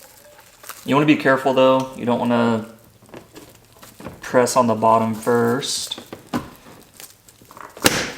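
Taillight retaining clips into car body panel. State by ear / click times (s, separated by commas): seated / 7.9 s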